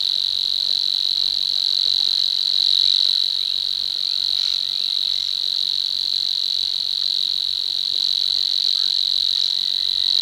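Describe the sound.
Savi's warbler reeling song, a steady high buzzing trill held without a break for the whole ten seconds.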